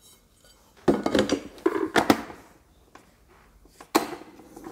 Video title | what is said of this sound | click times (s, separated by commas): 13/3/2024 những mẫu nồi cao tần áp suất nội địa nhật tuyển chọn đẹp LH: 0987807038 - 034458674 | vàoo chế độ nấu thì khi nấu nó đóng áp suất đấy các bác nghe cạch một cái | 4.0 s